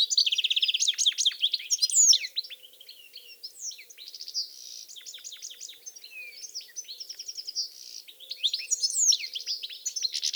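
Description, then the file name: European goldfinch twittering song, continuous high chirps and slurred notes, louder at the start and end, softer in the middle. "Carduelis carduelis"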